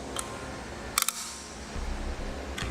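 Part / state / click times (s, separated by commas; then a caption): torque-limiting tool on roof rack tower bolt / torque reached / 1.0 s, 1.1 s. The included torque tool tightens a tower bolt on a Yakima RidgeLine roof rack for flush rails on a 2018 Mazda CX-5, with the tower set in the middle of its three settings. After a faint tick near 0.2 s, three sharp clicks come in a quick cluster at 1.0, 1.0 and 1.1 s, showing the bolt has reached proper torque. A low rumble follows later in the clip.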